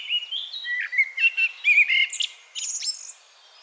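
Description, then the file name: Common blackbird phrase of clear, slurred whistles followed by shrill, scratchy squeaks, ending in a brief high twitter. "Turdus merula"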